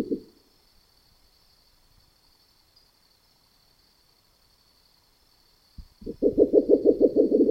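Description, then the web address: Spectacled owl: low pulsed hoots, a short fragment at the start, a long near-silent gap, then a rapid rhythmic series building at the end, over a faint continuous high-pitched whine. "neotropicheskaya ochkovaya sova"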